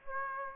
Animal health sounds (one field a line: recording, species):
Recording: mosquito wingbeat signal from an infrared sensor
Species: Aedes aegypti